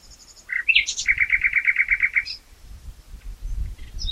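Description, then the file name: Common nightingale song: a few faint high notes, a few sharp varied notes, then a rapid run of about ten identical chipping notes, ending in a brief high note. "Luscinia megarhynchos"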